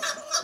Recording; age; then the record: pig call; piglet (1 to 25 days)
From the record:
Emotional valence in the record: negative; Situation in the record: fighting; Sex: male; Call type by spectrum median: high-frequency call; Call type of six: high-frequency stable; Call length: 0.44 s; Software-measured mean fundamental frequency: 216 Hz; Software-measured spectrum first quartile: 1339 Hz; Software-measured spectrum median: 3620 Hz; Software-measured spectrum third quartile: 5501 Hz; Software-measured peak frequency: 5705 Hz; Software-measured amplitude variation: 181 dB a second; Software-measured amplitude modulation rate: 17.1 a second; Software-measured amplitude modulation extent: 10.6 dB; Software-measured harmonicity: 3.8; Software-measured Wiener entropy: -2.08